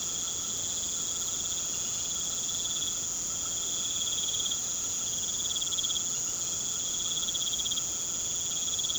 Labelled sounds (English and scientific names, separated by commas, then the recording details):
none
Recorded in pastures near Puerto Asís, Putumayo, Colombia, on 21 March 2025 at 19:00
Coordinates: 0.486, -76.323
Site G075